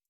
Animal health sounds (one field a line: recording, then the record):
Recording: hydrophone in a shrimp aquaculture tank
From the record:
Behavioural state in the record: starved